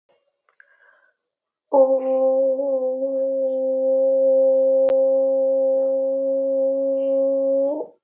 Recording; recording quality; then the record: sustained vowel as in boot; excellent, no background noise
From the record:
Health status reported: healthy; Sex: female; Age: 25 years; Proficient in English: yes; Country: India